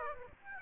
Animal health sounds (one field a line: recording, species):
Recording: mosquito wingbeat signal from an infrared sensor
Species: Aedes aegypti